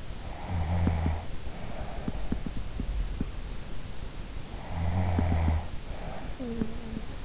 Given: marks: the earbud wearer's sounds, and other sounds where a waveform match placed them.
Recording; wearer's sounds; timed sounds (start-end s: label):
sounds in sleep by an in-ear microphone; snoring breath
0.44-2.63 s: snoring breath
4.52-7.25 s: snoring breath